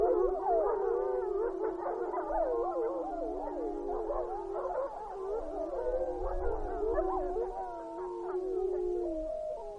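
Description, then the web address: Mammal howls in a dense chorus, many overlapping wavering, sliding tones rising and falling together throughout, with faint low rumble beneath. Recorded in Alaska on 29 February 2016 at 20:40. "alaska acoustic highlights. MAMMALS"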